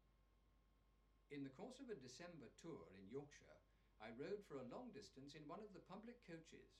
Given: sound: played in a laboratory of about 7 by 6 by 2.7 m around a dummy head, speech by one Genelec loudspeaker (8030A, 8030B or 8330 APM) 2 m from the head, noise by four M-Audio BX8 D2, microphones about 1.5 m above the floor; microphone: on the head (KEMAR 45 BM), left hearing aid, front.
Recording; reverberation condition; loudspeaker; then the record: male speech in English; low; in front (0 degrees)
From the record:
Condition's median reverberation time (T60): about 310 ms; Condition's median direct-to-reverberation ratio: about 3.5 dB